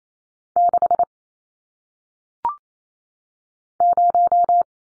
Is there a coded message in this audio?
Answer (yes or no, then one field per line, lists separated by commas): yes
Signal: Morse code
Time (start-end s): 0.6-4.6 s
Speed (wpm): 28 wpm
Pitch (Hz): 700 Hz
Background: none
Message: 6 0